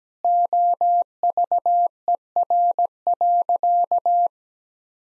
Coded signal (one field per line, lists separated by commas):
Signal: Morse code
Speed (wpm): 17 wpm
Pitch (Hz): 700 Hz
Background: none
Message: OVER.